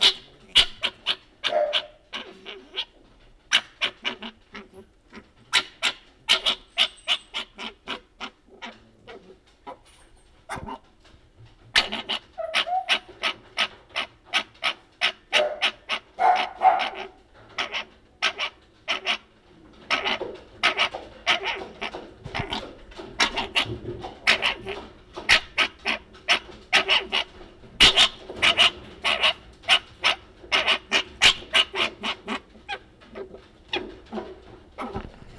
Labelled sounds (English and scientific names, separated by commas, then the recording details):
Fennec Fox (Vulpes zerda)
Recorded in captivity
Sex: male
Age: adult
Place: Tierpark Berlin, Berlin, DE
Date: 1967-12-02
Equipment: R 20/1, Sennheiser MD 421
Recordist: Tembrock, Günter